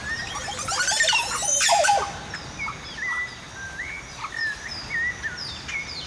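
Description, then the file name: Oropendola song: a loud burst of liquid, gurgling notes with rich overtones in the opening two seconds, then a dawn chorus of thin whistled notes from other birds. Oropendolas at dawn. "frederic nogray - amanecer con las oropendolas"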